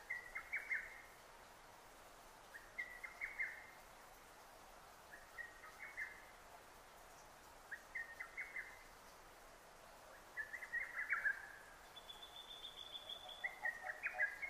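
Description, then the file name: Lesser cuckoo repeating its staccato song phrase six times, roughly every two to three seconds; a brief thin steady whistle from another source sounds near the end. Recorded 6 June 2009. "hototogisu-20090606"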